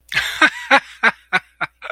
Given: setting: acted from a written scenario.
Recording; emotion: vocal sound without words; amusement